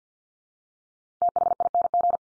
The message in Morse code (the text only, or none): THING